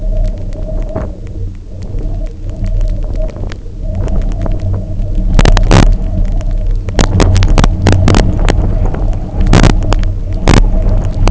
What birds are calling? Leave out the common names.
none